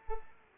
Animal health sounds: mosquito wingbeat signal from an infrared sensor; Culex pipiens

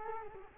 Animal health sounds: mosquito wingbeat signal from an infrared sensor; Culex quinquefasciatus

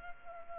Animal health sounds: mosquito wingbeat signal from an infrared sensor; Culex pipiens

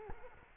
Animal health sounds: mosquito wingbeat signal from an infrared sensor; Culex quinquefasciatus

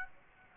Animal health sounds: mosquito wingbeat signal from an infrared sensor; Aedes aegypti

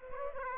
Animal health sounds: mosquito wingbeat signal from an infrared sensor; Aedes aegypti

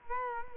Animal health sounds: mosquito wingbeat signal from an infrared sensor; Culex quinquefasciatus

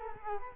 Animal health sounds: mosquito wingbeat signal from an infrared sensor; Culex quinquefasciatus

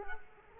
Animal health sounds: mosquito wingbeat signal from an infrared sensor; Culex quinquefasciatus

